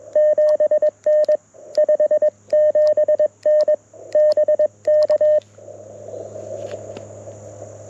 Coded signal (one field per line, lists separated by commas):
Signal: Morse code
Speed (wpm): 21 wpm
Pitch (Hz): 610 Hz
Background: none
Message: 7N 57N BK